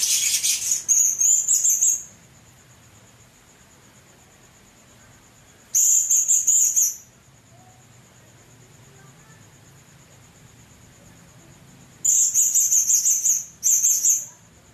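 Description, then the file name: Blue-crowned hanging parrot giving stuttering bursts of high, sibilant chirps separated by pauses, with a steady thin whine in the background. "serindit"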